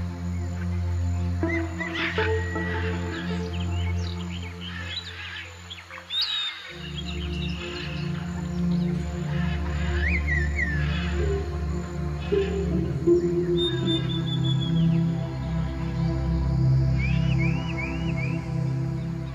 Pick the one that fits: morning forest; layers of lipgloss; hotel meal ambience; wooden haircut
morning forest